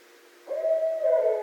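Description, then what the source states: Barred owl call, a single sudden steady tone held for about a second. Recorded 24 December 2011.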